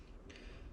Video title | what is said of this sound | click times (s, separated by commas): Tanfoglio Tuning - Full disassembly, trigger job, reassembly walk through | wiggle it till it snaps | 0.3 s